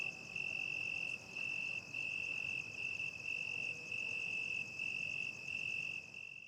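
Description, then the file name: Shrill cricket trill running in long stretches with brief gaps, over a soft low background rumble, fading at the end. Crickets at night, with distant traffic ambience. "Night time crickets distant dogs and traffic ambience"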